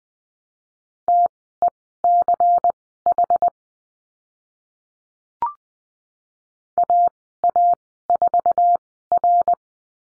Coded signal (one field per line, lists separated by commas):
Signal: Morse code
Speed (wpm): 20 wpm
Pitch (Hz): 700 Hz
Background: none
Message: TECH AA4R